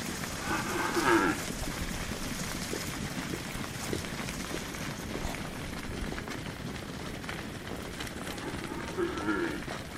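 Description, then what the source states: Cow lowing, a short harmonic moo near the start and another near the end, over a continuous noisy rumble of movement. Cows running about.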